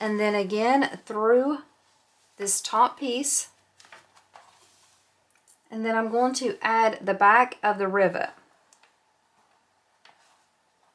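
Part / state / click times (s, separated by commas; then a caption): metal rivet cap onto rivet post through fabric handle / not seated / none. Someone talks while handling a metal rivet whose post passes through a fabric handle and a top piece, getting ready to add the back cap of the rivet. A few faint, short taps and clicks come between and after the talking. Nothing has seated or clicked yet: the clip ends before the cap snaps onto the post, and it would still need a rivet press to be secured.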